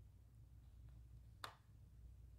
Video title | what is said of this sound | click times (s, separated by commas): Seaside Wishes Hybrid Embossing Folder - Stampin' Up! | you hear it kind of Click into place and now it doesn't move | 1.4 s